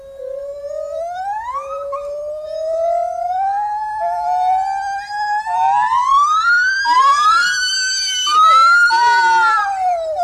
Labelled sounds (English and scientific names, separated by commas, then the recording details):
Lar Gibbon (Hylobates lar) song
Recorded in captivity
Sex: diverse
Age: diverse
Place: Zoo Osnabrück, Niedersachsen, DE
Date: 1991-09-09 10:04
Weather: overcast, 13°C
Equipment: Marantz CP 430, Kopie Tesla B 116
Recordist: Tembrock, Günter